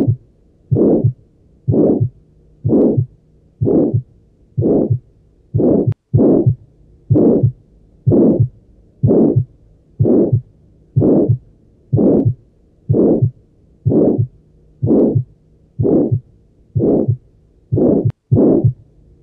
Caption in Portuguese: Som de Estenose Aórtica.